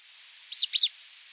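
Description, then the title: Pale-breasted spinetail giving a single sharp two-note call, a high bright note followed quickly by a second slightly softer one, with no other sounds. "LuckyPassaro Completos2Sama. Pale-breasted Spinetail (Synallaxis albescens)"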